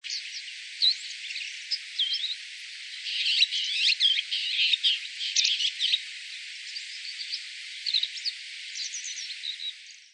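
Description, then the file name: Bull-headed shrike calling: a varied chatter of quick squeaky and whistled notes, busiest in the middle, over a steady background hiss. "mozu"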